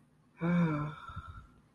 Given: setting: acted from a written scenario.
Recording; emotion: vocal sound without words; shame